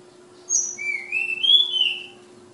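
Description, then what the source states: Flowerpecker song, a high thin note followed by a drawn-out whistle that climbs gently and then falls away, over a faint steady hum. Flowerpecker from Kudus, Indonesia; local names tledekan and sulingan; bird named Ababil.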